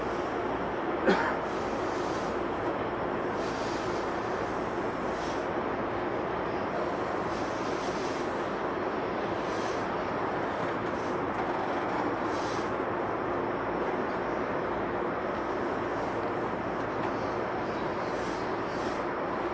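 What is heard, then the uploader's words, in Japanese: A Tokyu 8500 series train runs between Omotesando and Azamino, a steady, dense roar of running noise filling the whole 20 seconds. A sharp clack lands near the one-second mark, and faint hissing swells recur every second or two above the constant low rumble. 東急8500系 表参道〜あざみ野。東京メトロ→東急区間の録音です。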